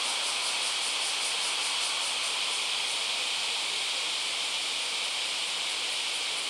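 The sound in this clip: Cicada producing a sustained high-pitched rasping buzz with a quick, faintly throbbing pulse, steady from start to finish.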